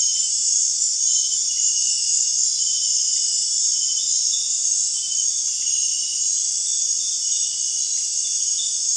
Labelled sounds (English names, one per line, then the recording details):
none
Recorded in dense forest near Puerto Asís, Putumayo, Colombia, on 22 June 2025 at 19:00
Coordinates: 0.466, -76.327
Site GP04